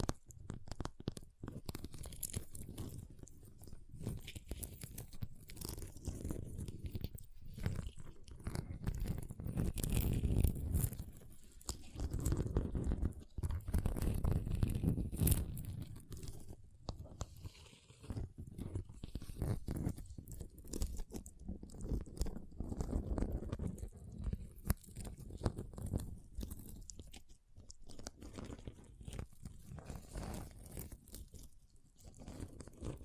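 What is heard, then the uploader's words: Ice being scratched and carved in dense, gritty crunching strokes, irregular and low-heavy, with louder grinding bursts around ten and fifteen seconds. Ice Tapping, Scratching, Carving Sounds.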